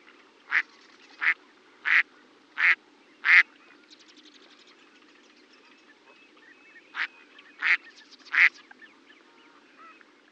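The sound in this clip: Duck quacks: five loud, harsh quacks evenly spaced, a pause of several seconds, then three more quacks over a low background hum.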